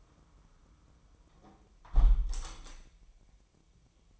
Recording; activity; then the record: daily activity, microphone in the room; close window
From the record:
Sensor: 1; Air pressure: 999.9 hPa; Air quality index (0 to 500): 236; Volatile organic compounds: 106 ppm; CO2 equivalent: 3795 ppm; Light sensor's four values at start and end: 11/26/10/11 and 10/25/10/11